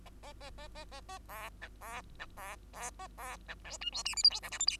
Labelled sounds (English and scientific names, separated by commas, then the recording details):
Bengalese Finch (Lonchura striata domestica) song
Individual Bird2